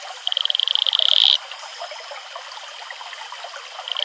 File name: Atelopus franciscus male advertisement call